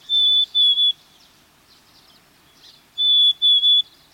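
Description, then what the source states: Black-capped Chickadee whistled song: clear pure notes, a longer note then two shorter ones on a similar pitch, the phrase heard twice with a pause between. Plaintive, whistled song.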